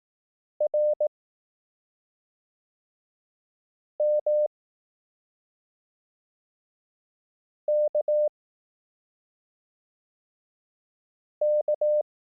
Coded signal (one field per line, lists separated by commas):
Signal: Morse code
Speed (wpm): 18 wpm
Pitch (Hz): 600 Hz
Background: none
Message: R M K K